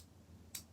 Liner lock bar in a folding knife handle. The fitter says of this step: and then that bar locks into place.